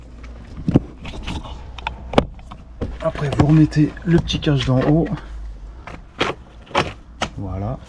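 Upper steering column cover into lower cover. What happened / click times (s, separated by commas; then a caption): Plastic trim cover clips snapped home / 1.9 s, 2.2 s. On a Renault Kangoo during a wiper stalk replacement, the small upper plastic steering column cover is refitted over the wiper stalk and pressed down onto the lower cover. Its clips snap into place with sharp clicks at 1.9 s and 2.2 s, and the cover is seated. Someone talks throughout.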